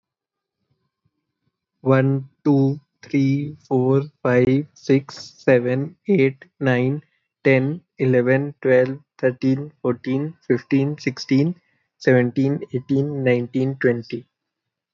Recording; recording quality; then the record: counting at a normal pace; excellent, no background noise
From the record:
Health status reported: healthy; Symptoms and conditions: none ticked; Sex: male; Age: 26 years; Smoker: not ticked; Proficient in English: yes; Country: India